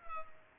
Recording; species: mosquito wingbeat signal from an infrared sensor; Culex pipiens